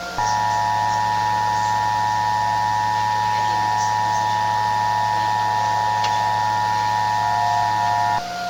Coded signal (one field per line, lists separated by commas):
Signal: Emergency Alert System (SAME) tones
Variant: 853 and 960 Hz attention tone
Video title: EAS Scenario - Escalation (18)